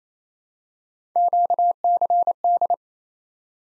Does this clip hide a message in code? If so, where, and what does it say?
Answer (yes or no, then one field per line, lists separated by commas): yes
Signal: Morse code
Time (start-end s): 1.2-2.7 s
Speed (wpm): 29 wpm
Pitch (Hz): 700 Hz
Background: none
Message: QCD